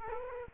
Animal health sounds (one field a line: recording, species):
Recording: mosquito wingbeat signal from an infrared sensor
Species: Culex quinquefasciatus